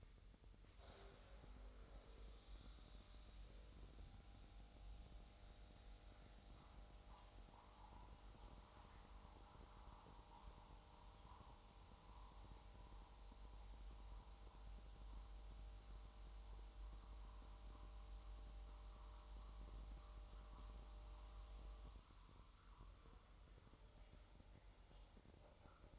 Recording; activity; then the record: daily activity, microphone in the room; make coffee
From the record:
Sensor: 3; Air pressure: 988.4 hPa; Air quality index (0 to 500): 191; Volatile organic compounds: 259 ppm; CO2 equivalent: 4384 ppm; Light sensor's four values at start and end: 23/73/30/26 and 23/73/31/26